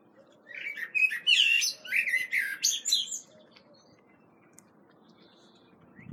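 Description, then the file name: Common blackbird giving a fluty, warbling phrase for about two and a half seconds, followed by quiet with a low background hum. "Turdus merula"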